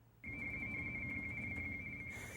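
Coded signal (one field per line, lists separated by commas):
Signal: RTTY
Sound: rapid warbling two-tone chirping, a fast steady burble of alternating high tones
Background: low hum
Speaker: well this is a great example of the fact that there's something in amateur radio for everybody this is ready or radio teletide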